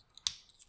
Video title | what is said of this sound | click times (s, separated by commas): Nemesis Reviews Transformers War for Cybertron: Siege Springer | click into place then | 0.3 s